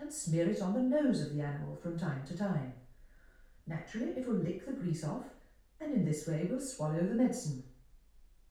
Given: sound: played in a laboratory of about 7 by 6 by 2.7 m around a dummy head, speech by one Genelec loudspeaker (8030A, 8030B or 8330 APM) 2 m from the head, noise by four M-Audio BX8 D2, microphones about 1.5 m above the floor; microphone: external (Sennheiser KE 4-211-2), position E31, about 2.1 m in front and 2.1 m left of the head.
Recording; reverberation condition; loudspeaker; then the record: female speech in English; medium; 120 degrees to the left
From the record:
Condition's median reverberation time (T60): about 510 ms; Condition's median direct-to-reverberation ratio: about -0.5 dB